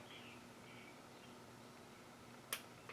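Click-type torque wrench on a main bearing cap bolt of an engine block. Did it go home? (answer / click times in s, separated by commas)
yes / 2.5 s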